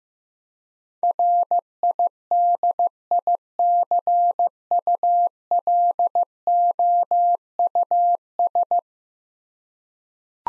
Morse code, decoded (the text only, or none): RIDICULOUS